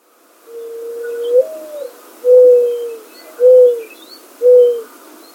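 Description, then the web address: Mourning dove cooing: a soft, low drawn-out coo that lifts briefly, then three more mellow hollow coos about one second apart, with faint bird chatter behind. "Zoo Field Guide"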